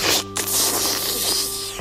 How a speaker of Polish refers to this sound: Jak to sobie przypomnieliśmy, to mimo wszystko wyciągnęliśmy tego martwego Jose z wody.